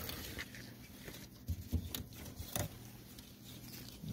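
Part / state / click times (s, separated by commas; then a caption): oxygen sensor electrical connector into vehicle harness plug / not seated / none. An upstream Bank 1 oxygen sensor's wiring connector is pushed toward its mating harness plug in a cramped space on a Nissan Armada/Infiniti QX56/QX80. Soft handling thumps and rustling are heard around 1.5, 1.8 and 2.6 seconds over a low background hiss. Nothing has clicked or seated yet.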